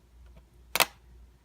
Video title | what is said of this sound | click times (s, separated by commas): "How To" Swap Out the SIM Card on a Simon XTi, Alarm.com Cell Unit | it should snap into place if you have retaining screws install | 0.8 s